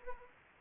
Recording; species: mosquito wingbeat signal from an infrared sensor; Anopheles arabiensis